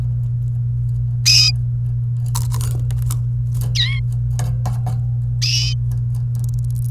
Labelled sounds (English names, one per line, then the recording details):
Domestic Canary song
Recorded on 28 April 2018 at 14:12
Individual llb3